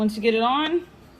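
A plastic accessory piece with two tabs is fitted into grooves and pushed on at the bottom of a Bissell Crosswave wet-dry floor cleaner while someone talks. Nothing has seated or clicked yet; the piece is still being handled and is not yet home.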